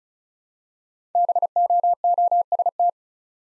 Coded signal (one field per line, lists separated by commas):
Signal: Morse code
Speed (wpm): 36 wpm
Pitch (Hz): 700 Hz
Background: none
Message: BOOST